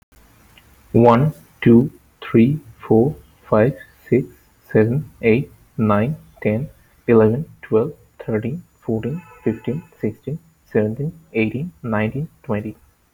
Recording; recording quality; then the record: counting at a normal pace; excellent, no background noise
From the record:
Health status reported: healthy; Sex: male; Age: 30 years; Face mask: not worn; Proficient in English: yes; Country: India